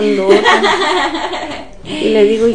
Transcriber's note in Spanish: risas